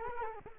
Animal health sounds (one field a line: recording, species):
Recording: mosquito wingbeat signal from an infrared sensor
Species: Culex quinquefasciatus